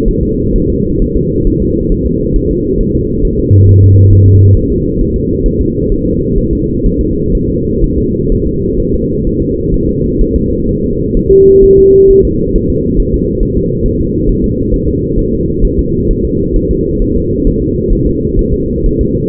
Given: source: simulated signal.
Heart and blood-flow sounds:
fetal heart sounds
0.09 s: S1
0.23 s: S2
0.56 s: S1
0.70 s: S2
1.02 s: S1
1.16 s: S2
1.47 s: S1
1.62 s: S2
1.92 s: S1
2.07 s: S2
2.36 s: S1
2.51 s: S2
2.81 s: S1
2.95 s: S2
3.25 s: S1
3.40 s: S2
3.69 s: S1
3.84 s: S2
4.13 s: S1
4.28 s: S2
4.57 s: S1
4.72 s: S2
5.01 s: S1
5.16 s: S2
5.46 s: S1
5.61 s: S2
5.92 s: S1
6.06 s: S2
6.38 s: S1
6.53 s: S2
6.86 s: S1
7.01 s: S2
7.35 s: S1
7.50 s: S2
7.84 s: S1
7.98 s: S2
8.32 s: S1
8.47 s: S2
8.80 s: S1
8.94 s: S2
9.27 s: S1
9.42 s: S2
9.74 s: S1
9.89 s: S2
10.21 s: S1
10.36 s: S2
10.69 s: S1
10.84 s: S2
11.17 s: S1
11.31 s: S2
11.64 s: S1
11.79 s: S2
12.11 s: S1
12.25 s: S2
12.56 s: S1
12.70 s: S2
13.00 s: S1
13.14 s: S2
13.43 s: S1
13.57 s: S2
13.86 s: S1
14.01 s: S2
14.29 s: S1
14.44 s: S2
14.74 s: S1
14.88 s: S2
15.19 s: S1
15.34 s: S2
15.65 s: S1
15.79 s: S2
16.11 s: S1
16.25 s: S2
16.56 s: S1
16.71 s: S2
17.02 s: S1
17.16 s: S2
17.47 s: S1
17.62 s: S2
17.93 s: S1
18.07 s: S2
18.39 s: S1
18.54 s: S2
18.86 s: S1
19.01 s: S2
From the record:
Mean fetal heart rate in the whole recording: 130 bpm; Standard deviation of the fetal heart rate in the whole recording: 4 bpm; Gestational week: 38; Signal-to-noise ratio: -14.7 dB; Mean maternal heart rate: 72 bpm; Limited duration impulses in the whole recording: present

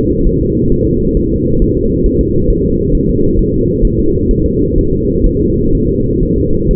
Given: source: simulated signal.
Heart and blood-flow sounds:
fetal heart sounds
0.27 s: S1
0.41 s: S2
0.72 s: S1
0.87 s: S2
1.17 s: S1
1.32 s: S2
1.62 s: S1
1.77 s: S2
2.06 s: S1
2.21 s: S2
2.51 s: S1
2.65 s: S2
2.95 s: S1
3.09 s: S2
3.39 s: S1
3.54 s: S2
3.85 s: S1
3.99 s: S2
4.31 s: S1
4.46 s: S2
4.78 s: S1
4.93 s: S2
5.26 s: S1
5.41 s: S2
5.75 s: S1
5.89 s: S2
6.23 s: S1
6.38 s: S2
6.71 s: S1
From the record:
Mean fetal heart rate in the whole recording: 130 bpm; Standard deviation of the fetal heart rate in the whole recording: 4 bpm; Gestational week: 38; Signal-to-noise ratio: -15.3 dB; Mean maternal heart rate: 72 bpm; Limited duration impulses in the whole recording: present

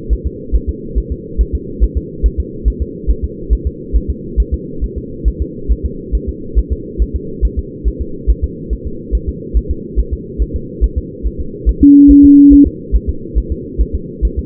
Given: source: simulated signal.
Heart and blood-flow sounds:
fetal heart sounds
0.13 s: S1
0.27 s: S2
0.55 s: S1
0.69 s: S2
0.98 s: S1
1.12 s: S2
1.41 s: S1
1.55 s: S2
1.84 s: S1
1.98 s: S2
2.26 s: S1
2.40 s: S2
2.68 s: S1
2.82 s: S2
3.11 s: S1
3.24 s: S2
3.53 s: S1
3.67 s: S2
3.96 s: S1
4.10 s: S2
4.40 s: S1
4.54 s: S2
4.84 s: S1
4.98 s: S2
5.28 s: S1
5.42 s: S2
5.72 s: S1
5.86 s: S2
6.15 s: S1
6.29 s: S2
6.59 s: S1
6.73 s: S2
7.02 s: S1
7.16 s: S2
7.45 s: S1
7.59 s: S2
7.88 s: S1
8.02 s: S2
8.30 s: S1
8.44 s: S2
8.73 s: S1
8.87 s: S2
9.15 s: S1
9.29 s: S2
9.57 s: S1
9.71 s: S2
10.00 s: S1
10.13 s: S2
10.42 s: S1
10.56 s: S2
10.84 s: S1
10.98 s: S2
11.27 s: S1
11.41 s: S2
11.69 s: S1
11.83 s: S2
12.11 s: S1
12.25 s: S2
12.53 s: S1
12.67 s: S2
12.96 s: S1
13.10 s: S2
13.38 s: S1
13.52 s: S2
13.81 s: S1
13.95 s: S2
14.25 s: S1
14.39 s: S2
From the record:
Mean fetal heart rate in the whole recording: 140 bpm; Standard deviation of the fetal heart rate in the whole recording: 2 bpm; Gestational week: 34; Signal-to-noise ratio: -4.3 dB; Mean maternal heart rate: 72 bpm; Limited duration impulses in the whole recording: present

